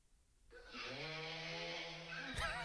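A single drawn-out, low-pitched, buzzing breath sound holds a steady tone for about one and a half seconds and ends in a brief, harsher rasp. It is a loud tonal snore from an adult man.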